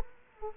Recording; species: mosquito wingbeat signal from an infrared sensor; Culex quinquefasciatus